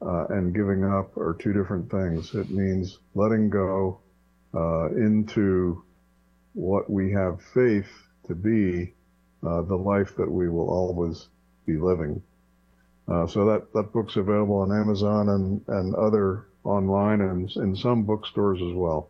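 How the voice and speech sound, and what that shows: An adult man speaks in a calm, low-pitched voice with fluent phrasing and natural pauses between phrases. Articulation and voice quality are ordinary. A steady electrical hum runs underneath throughout.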